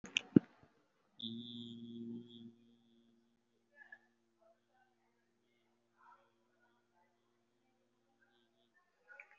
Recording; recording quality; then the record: sustained vowel as in beet; excellent, no background noise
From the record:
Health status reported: recovered from COVID-19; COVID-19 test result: positive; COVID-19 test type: RT-PCR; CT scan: taken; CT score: 0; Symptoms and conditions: cough, asthma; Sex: male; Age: 18 years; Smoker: no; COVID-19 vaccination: none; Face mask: worn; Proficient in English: yes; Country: India